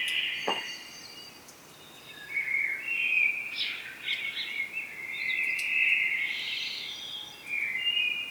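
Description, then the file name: Common blackbird delivering warbling phrases with squeaky notes, a sharp click near the start, and a steady hiss behind. "Turdus merula"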